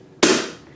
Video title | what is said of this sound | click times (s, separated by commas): Electric BPA Free Kettle: Electric Water Kettle - Comparison Review and Demo - Tea Kettle | make sure the lid is closed you'll hear that click | 0.2 s